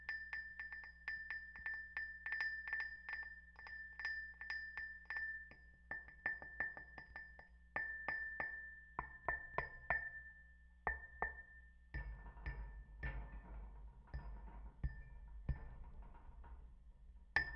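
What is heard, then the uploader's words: Rings strike rusty metal poles in quick, uneven taps, each leaving a bright ringing tone, with louder clattering hits near the end. We didn't tape down the mics sufficiently on this one so the sound is a bit off and noisier than I'd like. This comes from an elaborate rusty metal structure that the DNR uses to pull huge catches of sample fish from the fish ladder near the hydroelectric dam. I stood in the middle of it and beat both sides with my outstretched hands. The real ringing sounds come from when my rings strike the poles.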